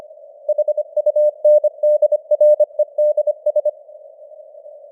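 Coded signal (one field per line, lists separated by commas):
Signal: Morse code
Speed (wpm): 25 wpm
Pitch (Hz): 600 Hz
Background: none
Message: HUNDREDS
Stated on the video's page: Computer-generated Morse news headlines at 25 wpm with simulated radio noise and varying signal strength (QSB).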